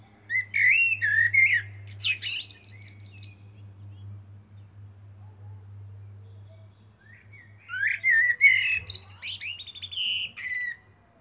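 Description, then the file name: Common blackbird song: two phrases of low flute-like whistles ending in scratchy high twitters, about seven seconds apart, over a steady low hum. "Turdus merula"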